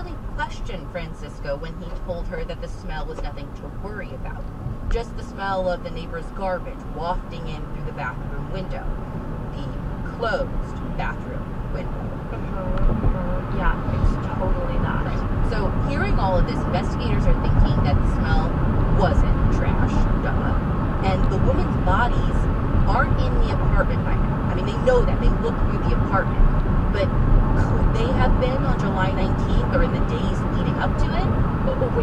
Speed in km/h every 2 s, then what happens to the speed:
44, 37, 37, 45, 52, 60, 64, 69, 71, 72, 76, 76, 77, 77, 76, 76.
0-2 brakes to 37. 4-23 speeds up to 77. 23-32 steady at about 76.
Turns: none.